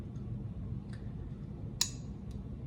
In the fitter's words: We hear the click, which means our syringe is secure.